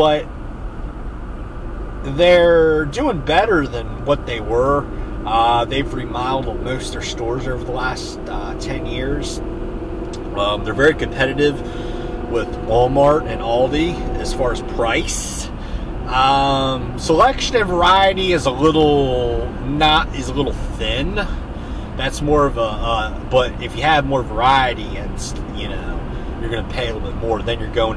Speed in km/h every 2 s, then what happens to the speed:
61, 63, 64, 64, 71, 74, 77, 79, 79, 82, 79, 77, 81, 82.
0-6 steady at about 63. 6-13 speeds up to 79. 13-28 steady at about 79.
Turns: none.